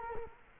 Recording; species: mosquito wingbeat signal from an infrared sensor; Culex quinquefasciatus